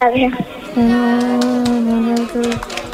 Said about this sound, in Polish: nie tylko fanfary, ale także brawa dla ciebie